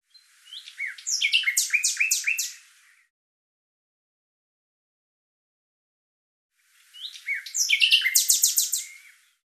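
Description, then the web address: Bird giving two similar phrases about six seconds apart, each a quick series of sharp, descending chirps packed closely together. "cianscape birddata Deverinetal 2025 Bird Lu Me Lu Me"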